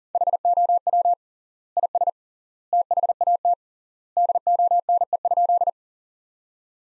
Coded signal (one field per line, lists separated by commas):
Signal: Morse code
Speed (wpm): 40 wpm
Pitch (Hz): 700 Hz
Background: none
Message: HOW IS THAT DONE?